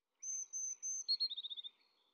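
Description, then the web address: Eurasian blue tit: three high thin sustained whistled notes, then a quick descending trill, in quiet surroundings. Early morning. "Fontainebleau Demo. blue tit"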